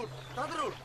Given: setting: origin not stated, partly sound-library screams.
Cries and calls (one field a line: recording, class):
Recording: one-second piece from a danger detection set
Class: normal situation